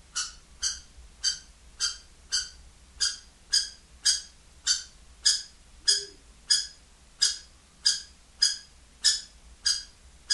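Kestrel calling steadily, short shrill notes coming evenly at a little over one and a half per second throughout, with a low background hum.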